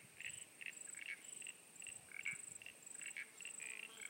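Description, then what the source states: Frogs giving short pulsed bursts of calls, repeated in quick clusters against a thin high whine. At Sunny Corner.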